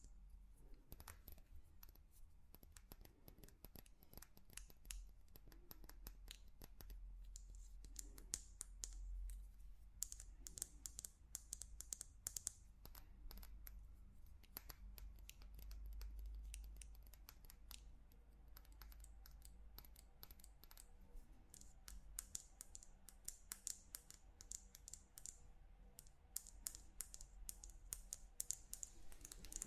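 Tapping on different objects, a rapid, uneven stream of light clicks and taps that runs through all thirty seconds, often bunching into quick flurries like typing. The taps are crisp and bright, with a steady low rumble underneath the whole time.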